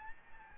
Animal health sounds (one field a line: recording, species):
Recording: mosquito wingbeat signal from an infrared sensor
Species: Aedes albopictus